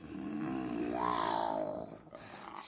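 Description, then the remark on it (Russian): A lioness arriving at sunset lets out one long, loud roar, deep and rumbling, rising into a strained, harsher peak midway before tapering off into a low growl near the end. “Солнышко село за лес, прибежала львица.”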